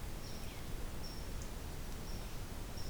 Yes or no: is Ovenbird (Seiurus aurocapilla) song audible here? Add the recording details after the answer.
no. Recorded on 2 June 2016 at 07:36. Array SBT-3-7